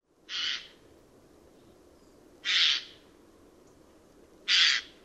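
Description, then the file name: Eurasian jay calling three loud, hoarse screeches, each brief and noisy, repeated roughly every two seconds against soft background hiss. "Garrulus glandarius"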